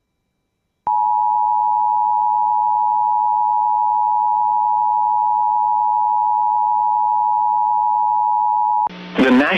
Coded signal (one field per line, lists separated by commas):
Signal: Emergency Alert System (SAME) tones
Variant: 853 and 960 Hz attention tone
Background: speech